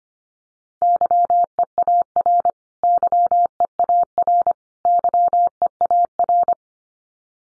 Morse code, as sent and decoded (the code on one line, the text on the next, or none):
-.-- . .- .-. / -.-- . .- .-. / -.-- . .- .-.
YEAR YEAR YEAR